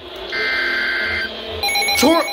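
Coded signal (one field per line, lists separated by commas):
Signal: Emergency Alert System (SAME) tones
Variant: header bursts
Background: speech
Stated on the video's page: Severe thunderstorm, flash flood and tornado alerts caught over NOAA Weather Radio and commercial AM/FM radio.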